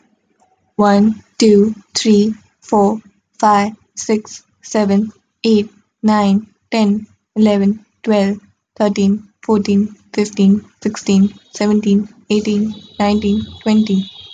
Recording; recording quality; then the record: counting at a normal pace; excellent, no background noise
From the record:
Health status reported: healthy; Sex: female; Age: 21 years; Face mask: not worn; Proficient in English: yes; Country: India